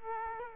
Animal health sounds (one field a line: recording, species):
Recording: mosquito wingbeat signal from an infrared sensor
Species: Culex quinquefasciatus